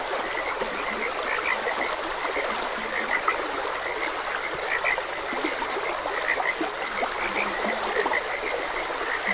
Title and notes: Gentle Stream and Frogs Croaking. Calming Sounds of Nature. Sleep and Relaxation Podcast